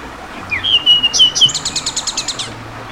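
Bird calls: a clear whistled note followed by a fast series of high, bright chirps.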